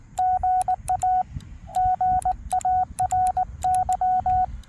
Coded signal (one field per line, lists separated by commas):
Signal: Morse code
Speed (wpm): 19 wpm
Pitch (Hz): 740 Hz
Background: radio noise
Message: GA GARY